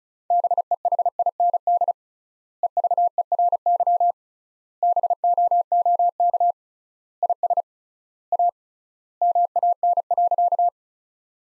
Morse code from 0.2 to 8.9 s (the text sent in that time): BEHIND EVERY BOOK IS A